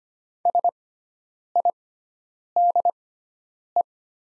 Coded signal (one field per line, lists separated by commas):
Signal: Morse code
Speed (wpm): 25 wpm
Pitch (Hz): 700 Hz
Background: none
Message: SIDE